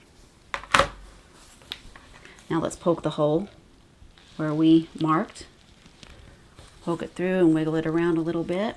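A plastic snap cap and its mating piece, set through the fabric of a gift card holder, are squeezed together with snap pliers. A sharp snap at 0.8 s marks the snap pressing closed and seating, with a few smaller clicks and handling sounds around it. Someone then talks.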